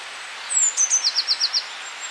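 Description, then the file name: Eurasian blue tit song: a high thin drawn-out note sliding down, then a short run of five quick trilled notes, against faint hiss. "Cyanistes caeruleus"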